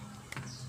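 During a power-button repair on a Samsung Galaxy Grand Prime, a plastic button part is inserted tab-side first into the smartphone housing and pressed down at a marked spot. A sharp snap is heard at 0.3 s over a low background hum, and the part is seated.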